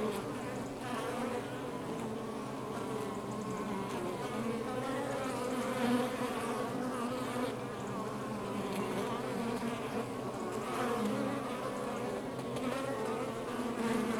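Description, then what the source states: Honey bees drone steadily, many overlapping buzzes merging into a soft, level hum. Recorded outside the hive.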